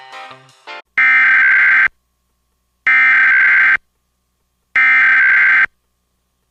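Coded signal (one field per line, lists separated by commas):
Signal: Emergency Alert System (SAME) tones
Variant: header bursts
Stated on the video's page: Mock radiological hazard warning made for a birthday, containing valid EAS tones.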